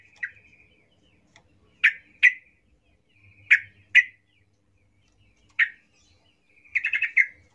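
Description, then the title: Yellow-vented Bulbul song: sharp, clipped chirps, some in pairs, separated by gaps, ending in a quick stuttering cluster of notes. Trucuk (Yellow-vented Bulbul) singing lively ('gacor ropel ngalas' style), used as a lure (pancingan) to make trucuk birds sing. "GACOR Ropel Ngalas Pancingan Trucukan Agar Bunyi Jadikan Burung Trucuk"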